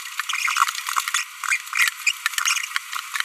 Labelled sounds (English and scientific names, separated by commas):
Green-rumped Parrotlet (Forpus passerinus) babbling